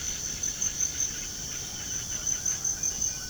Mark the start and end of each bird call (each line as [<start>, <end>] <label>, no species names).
[0.00, 2.63] bird call